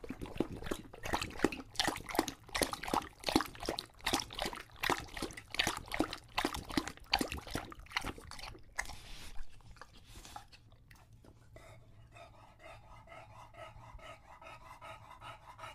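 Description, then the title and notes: English Bulldog lapping water in rhythmic wet strokes, then a pause and quick light panting breaths. Male English Bulldog named Lucho drinking from a water bowl after a long walk, heavily out of breath between drinks. "English Bulldog Drinks from Water Bowl - Weird Sounds. Lucho the English Bulldog as he tries to drink water after a long walk. Don't let his heavy breathing fool you in between drinks, he's equally out of breath from the walk"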